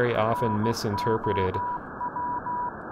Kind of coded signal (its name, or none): Morse code